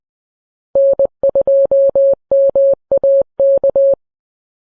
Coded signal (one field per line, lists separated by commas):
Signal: Morse code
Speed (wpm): 22 wpm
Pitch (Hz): 550 Hz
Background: none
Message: N2MAK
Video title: How the time change affects POTA